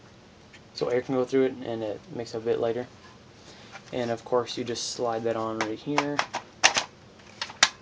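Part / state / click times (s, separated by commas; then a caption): perforated slide-on part onto airsoft rifle body / seated / 7.6 s. Someone talks while a perforated plastic part, with holes that let air through and make it lighter, is slid onto the body of a Crossman Pulse R71 spring-powered airsoft rifle. A sharp click at 7.6 s marks the part seating in place.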